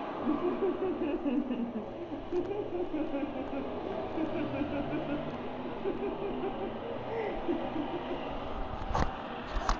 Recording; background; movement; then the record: laughter; traffic; sitting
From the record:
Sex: female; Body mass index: 36.4 kg/m2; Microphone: on the chest, facing outward